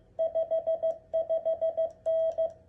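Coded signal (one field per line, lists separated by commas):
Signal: Morse code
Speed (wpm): 16 wpm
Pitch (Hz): 650 Hz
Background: none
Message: 55N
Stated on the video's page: Parks on the Air hunting in CW on 20 meters with an Icom 7300 and a Begali key.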